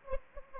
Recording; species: mosquito wingbeat signal from an infrared sensor; Anopheles arabiensis